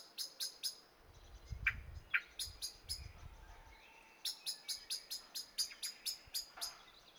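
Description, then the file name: Common blackbird calls: sharp tick notes in rapid bursts over low rumbling noise, a quieter spell in the middle, then another quick run of ticks. "Turdus merula"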